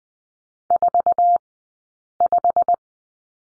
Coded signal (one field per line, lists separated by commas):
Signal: Morse code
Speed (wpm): 20 wpm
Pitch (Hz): 700 Hz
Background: none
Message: 45